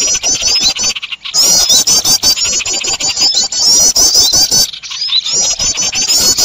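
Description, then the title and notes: Birds producing a busy stream of thin, squeaky high notes over rapid clicking, with two short quiet spells. Noisy bird sounds (burung ribut), a long-duration master recording used for luring birds. "Burung Ribut Pikat"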